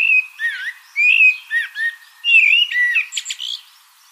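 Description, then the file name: Common blackbird song: a run of rich, warbling whistles that rise and fall, giving way at the end to thin, high twittering notes. "Turdus merula"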